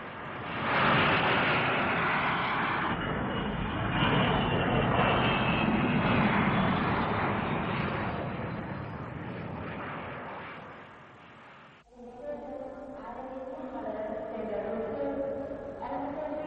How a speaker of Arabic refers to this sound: عن إذنك، الطيارة قربت تنزل.